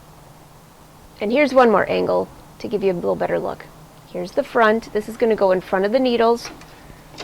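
A thread guide is handled on a Brother CV3550 cover stitch machine, about to be slid into place in front of the needles. Someone talks throughout, with a faint low hum underneath and a brief sharp sound at 7.2 s. Nothing has seated or clicked yet.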